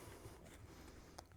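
On the right-hand cheek pad side of an Arai Quantic motorcycle helmet, two plastic wiring connectors of a Sena ACS10 intercom are pushed together. Over a low steady rumble, a single sharp click sounds at 1.2 s, followed by a fainter tick. The speaker connector is fully plugged into its mating connector.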